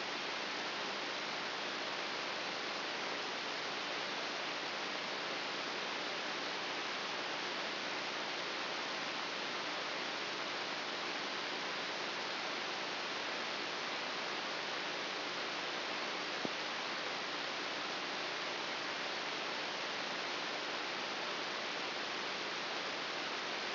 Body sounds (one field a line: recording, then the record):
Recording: brain microelectrode recording played as sound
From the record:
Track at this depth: inside the subthalamic nucleus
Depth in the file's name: 4.401 mm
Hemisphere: right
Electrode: 3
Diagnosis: Parkinson's disease